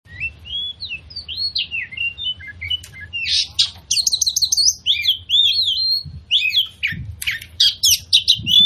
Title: KACER NGOTOT FULL TEMBAKAN. Pancingan Kacer Gacor Plong Plongan Buat Kacer Lain Auto Emosi Buka Ekor Ngobra